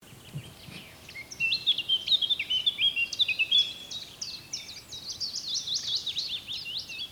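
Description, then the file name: Eurasian blackcap warbling song, a scratchy jumbled phrase followed by a run of sharp, repeated high notes. "Sylvia atricapilla"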